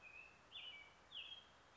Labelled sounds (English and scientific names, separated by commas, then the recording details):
American Robin (Turdus migratorius)
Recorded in Sonoma County, California